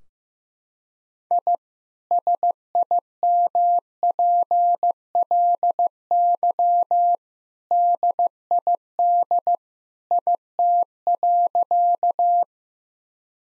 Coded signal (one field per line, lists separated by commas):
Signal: Morse code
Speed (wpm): 16 wpm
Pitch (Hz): 700 Hz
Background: none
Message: I SIMPLY DID IT.